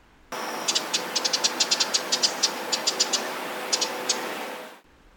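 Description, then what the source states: Ruby-crowned Kinglet calls: dry, high ticking notes in quick irregular bursts, many over a few seconds, over a steady background hiss. Contact calls, given constantly.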